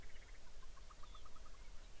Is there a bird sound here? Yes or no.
yes